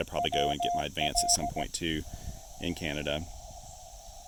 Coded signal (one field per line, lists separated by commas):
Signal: Morse code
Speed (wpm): 18 wpm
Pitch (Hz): 700 Hz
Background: speech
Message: WL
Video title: POTA Field Report: QRP (and DX) fun with the Discovery TX-500 & MFJ-1984LP EFHW